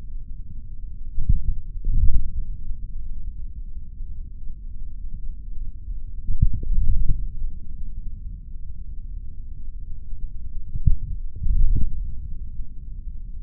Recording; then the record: forearm muscle sounds (acoustic myography)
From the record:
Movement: index flexion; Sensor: system 3, bracelet of six PUI Audio POM-2738L microphones around the upper forearm, with dedicated amplification and filtering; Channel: 5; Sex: male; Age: 26 years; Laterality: right